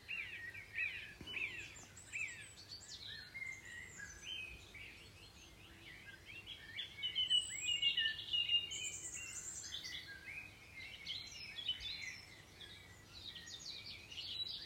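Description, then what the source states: Birds singing: a dense chorus of several birds with overlapping high chirps, twitters and whistled phrases, quiet and continuous. Recorded 21 June 2020.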